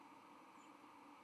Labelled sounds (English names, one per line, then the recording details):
White-throated Sparrow flight call
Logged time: 08:12 on 31 October 2014